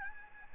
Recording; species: mosquito wingbeat signal from an infrared sensor; Aedes albopictus